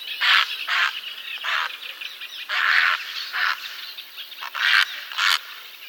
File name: Heron pourpre